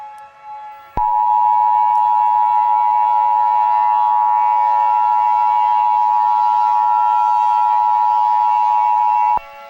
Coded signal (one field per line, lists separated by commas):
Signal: Emergency Alert System (SAME) tones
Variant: 853 and 960 Hz attention tone